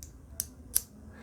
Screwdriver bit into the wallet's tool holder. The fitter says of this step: and this thing pops in a little audible click to make sure it's in there